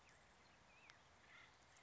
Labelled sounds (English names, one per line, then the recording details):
Acorn Woodpecker
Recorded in Sonoma County, California